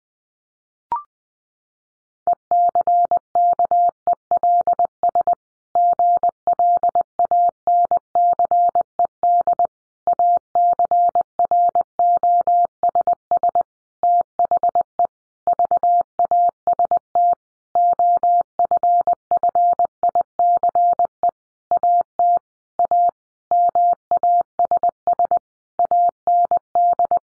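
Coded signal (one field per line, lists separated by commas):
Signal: Morse code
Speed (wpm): 20 wpm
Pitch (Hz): 700 Hz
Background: none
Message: ECKELS GLANCED ACROSS THE VAST OFFICE AT A MASS AND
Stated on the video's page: Morse practice sentences at 20 wpm for head-copy, each sentence sent before and after being spoken.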